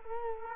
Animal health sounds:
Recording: mosquito wingbeat signal from an infrared sensor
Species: Culex quinquefasciatus

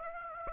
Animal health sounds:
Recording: mosquito wingbeat signal from an infrared sensor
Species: Aedes aegypti

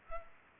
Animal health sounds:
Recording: mosquito wingbeat signal from an infrared sensor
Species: Culex pipiens

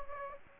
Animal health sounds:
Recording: mosquito wingbeat signal from an infrared sensor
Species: Aedes aegypti

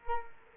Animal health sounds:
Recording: mosquito wingbeat signal from an infrared sensor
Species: Culex quinquefasciatus

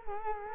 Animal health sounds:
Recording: mosquito wingbeat signal from an infrared sensor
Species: Culex quinquefasciatus

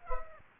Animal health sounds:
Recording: mosquito wingbeat signal from an infrared sensor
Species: Aedes aegypti

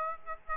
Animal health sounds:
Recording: mosquito wingbeat signal from an infrared sensor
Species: Aedes aegypti

